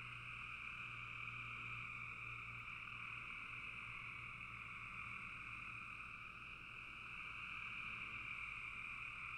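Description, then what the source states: Frog chorus of many callers, an even, fast-pulsed trilling drone with a faint low hum underneath. Several frogs calling in a bog.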